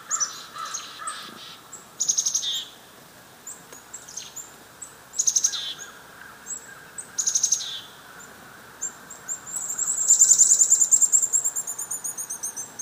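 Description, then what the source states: Chickadees calling: short bursts of buzzy chick-a-dee notes, building at the end into a long, loud, rapid string of high notes. Chickadees mobbing.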